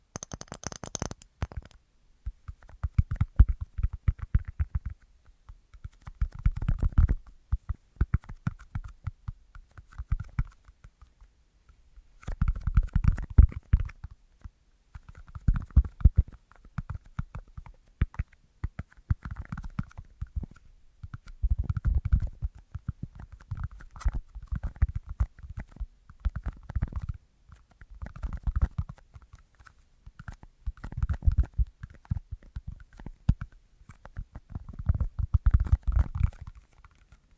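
ASMR tapping in bursts of quick, soft taps with short pauses between them, repeating through the whole clip. The taps are mostly dull and low with a faint lighter click on top, a few brighter knocks standing out, and near-silence in the gaps.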